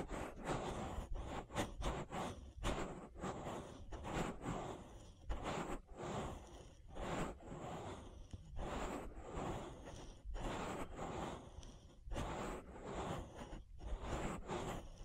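An ear massage made of soft rubbing and brushing strokes that come in quick, uneven bursts, roughly every half second to a second. Each stroke gives a short hissing swish with a low thump underneath, and the texture stays dense and busy throughout.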